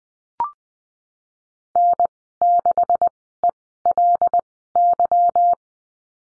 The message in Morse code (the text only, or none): N6ELY